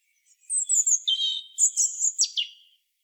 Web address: SETE data Erithacus rubecula